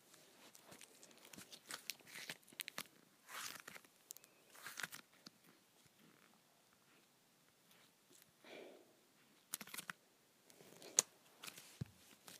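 Putty being pulled apart gives off a string of short, sticky crackles and soft squelches. The bursts come in irregular clusters, busiest in the first five seconds, then thinning out with quiet gaps, a few sharper snaps near ten and eleven seconds.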